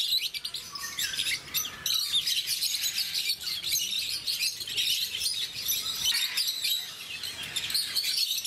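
Rosy-faced lovebird twittering: a steady stream of high, sharp chirps and squeals running without a break from start to finish.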